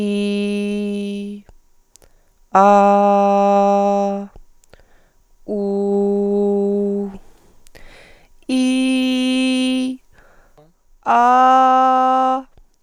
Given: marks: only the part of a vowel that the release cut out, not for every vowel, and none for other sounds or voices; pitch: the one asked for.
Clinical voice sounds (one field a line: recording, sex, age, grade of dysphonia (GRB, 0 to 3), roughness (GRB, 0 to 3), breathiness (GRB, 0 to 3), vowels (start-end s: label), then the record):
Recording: sustained vowels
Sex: female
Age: 20 to 29 years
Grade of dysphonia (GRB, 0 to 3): 0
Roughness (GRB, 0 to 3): 0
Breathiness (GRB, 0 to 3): 0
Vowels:
0.00-1.09 s: vowel /i/, normal pitch
2.65-4.04 s: vowel /a/, normal pitch
5.55-6.97 s: vowel /u/, normal pitch
8.55-9.82 s: vowel /i/, high pitch
11.12-12.33 s: vowel /a/, high pitch
From the record:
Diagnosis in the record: healthy voice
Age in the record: 23 years